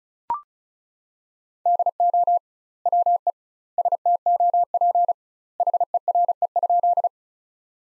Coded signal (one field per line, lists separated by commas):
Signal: Morse code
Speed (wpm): 34 wpm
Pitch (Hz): 700 Hz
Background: none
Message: DO WE STOP HERE?